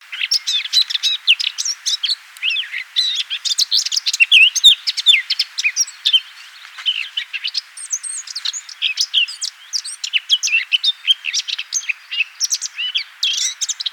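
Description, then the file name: Eurasian blackcap giving a fast warble of scratchy and whistled notes, high-pitched and varied. "Sylvia atricapilla"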